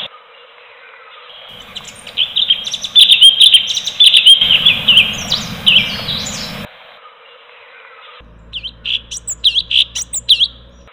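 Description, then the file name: Bulbul song: a fast run of chattering whistled notes, then after a gap a series of clear notes that dip and rise again, repeated several times. Chirping song. "kompilasi suara kicauan cucak cungkok omkicau"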